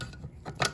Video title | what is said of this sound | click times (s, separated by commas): How to replace a MAF Sensor in a Ford Mustang. Step by step tutorial. Episode 61. | so when you pop it in it locks in place and then | 0.6 s